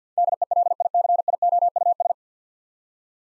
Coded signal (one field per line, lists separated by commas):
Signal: Morse code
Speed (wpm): 50 wpm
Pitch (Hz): 700 Hz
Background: none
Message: DELICIOUS